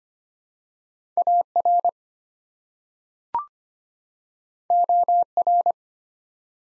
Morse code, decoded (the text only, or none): AR OR